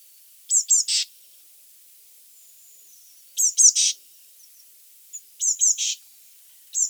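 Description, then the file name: Eurasian blue tit calls: two sharp high notes then a buzzy churr, the phrase repeated three times with pauses, a fourth starting at the end. "Cyanistes caeruleus"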